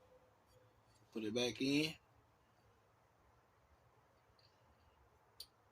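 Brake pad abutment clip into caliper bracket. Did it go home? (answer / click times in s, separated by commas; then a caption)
yes / 5.4 s. On a 2018 Chevy Malibu front brake job, a displaced metal brake pad abutment clip is pushed back into its hole in the caliper bracket. Someone talks briefly early on, then after a quiet stretch a single sharp click at 5.4 s marks the clip seating back in the bracket.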